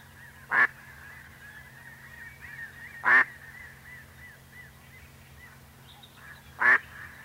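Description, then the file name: Mallard giving three loud, rasping quacks spaced irregularly several seconds apart. "Anas platyrhynchos"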